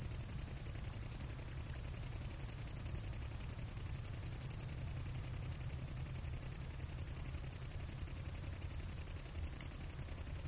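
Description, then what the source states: Great green bush-cricket stridulating: a continuous, very high, buzzy chirring made of rapid pulses, steady and unbroken throughout, with a faint low rumble beneath. Only males stridulate; a loudly stridulating large, green, long-winged species, best heard now when outdoor temperature is at least 10 degrees, preferably much warmer.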